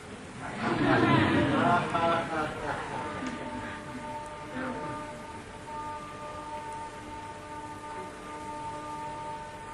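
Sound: rain falling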